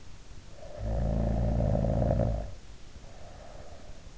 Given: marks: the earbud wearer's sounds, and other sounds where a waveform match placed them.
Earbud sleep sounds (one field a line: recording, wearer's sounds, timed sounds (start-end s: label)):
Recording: sounds in sleep by an in-ear microphone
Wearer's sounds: snoring breath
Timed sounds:
0.31-4.00 s: snoring breath